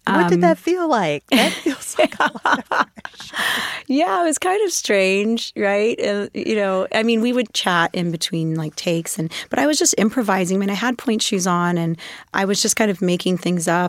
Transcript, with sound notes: What did that feel like? That feels like a lot of pressure.
(LAUGHTER)
Yeah. It was kind of strange, right? You know, I mean, we would chat in between, like, takes and - but I was just improvising. I mean, I had pointe shoes on, and I was just kind of making things up.